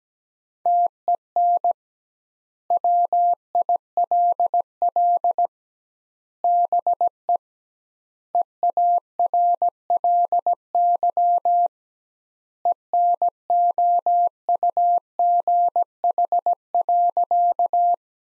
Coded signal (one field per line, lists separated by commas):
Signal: Morse code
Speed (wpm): 17 wpm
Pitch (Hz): 700 Hz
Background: none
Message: TEN WILL BE EARLY ENOUGH.